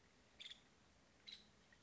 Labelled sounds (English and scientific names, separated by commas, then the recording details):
Nuttall's Woodpecker (Dryobates nuttallii)
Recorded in Sonoma County, California